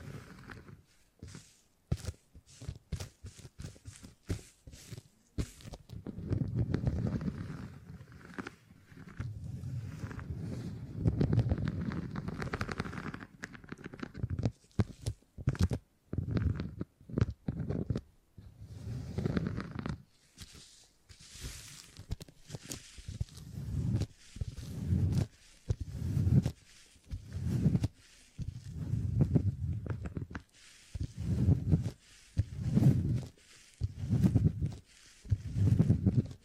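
Beeswax is squished, pressed and handled, making soft low rumbling and crinkling sounds. Sharp clicky taps cluster in the first five seconds, then slow kneading murmurs follow, and after about twenty seconds the sound breaks into short repeated squeezes with brief silences between.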